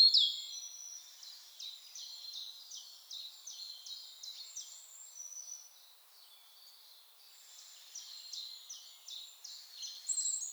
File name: Erithacus rubecula